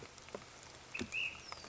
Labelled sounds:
Ash-throated Flycatcher (Myiarchus cinerascens)

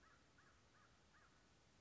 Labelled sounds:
American Crow (Corvus brachyrhynchos)

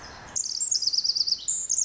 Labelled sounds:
Pacific Wren (Troglodytes pacificus)

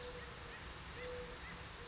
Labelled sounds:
Mourning Dove (Zenaida macroura)

